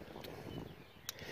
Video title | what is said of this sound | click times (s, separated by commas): Ag Diesel Solutions Truck Edition 22520/62520 Module Installation 2015-2017 2.7L EcoBoost F-150 | you heard that snapped | 1.1 s